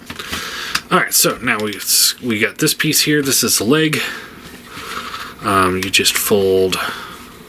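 Someone talks while handling the plastic leg piece of a Transformers Legacy Motormaster transforming robot toy, about to fold it up into the leg. A few brief handling taps occur near the start, around 0.1, 0.2 and 0.8 s. Nothing has locked or clicked into place yet.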